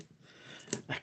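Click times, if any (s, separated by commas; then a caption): 0.7 s. A stiff plastic part of a transforming robot toy is forced into its mating socket during transformation. A sharp click is heard at 0.7 s as it snaps into place, and the part is seated.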